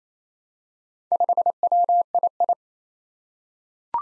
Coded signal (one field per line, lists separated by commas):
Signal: Morse code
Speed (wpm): 27 wpm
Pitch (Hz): 700 Hz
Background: none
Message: 5WII